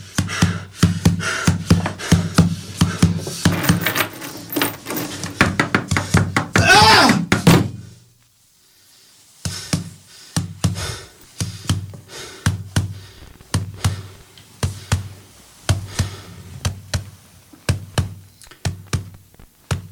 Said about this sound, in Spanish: Pero el latido crecía, se hacía cada vez más fuerte, más fuerte. El corazón iba a estallar. Los vecinos se iban a despertar escuchando ese maldito corazón.